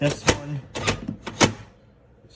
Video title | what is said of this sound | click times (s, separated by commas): Installing a panic bar/fire exit device on my entrance door and access control upgrades | still is fine there's no way that you can go slow enough that it won't latch it always will | 1.4 s